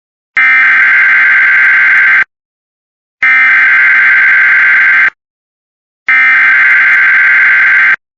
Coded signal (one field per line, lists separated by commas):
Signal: Emergency Alert System (SAME) tones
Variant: header bursts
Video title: No way SVA 259 (EAS 31)